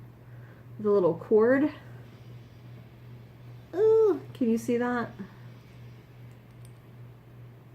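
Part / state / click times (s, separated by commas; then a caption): toy telephone handset into its cradle / not seated / none. Someone talks while handling the small rubbery handset of a toy telephone near its base, with a faint brief tap at about 6.7 s. Nothing has seated or clicked into the cradle yet.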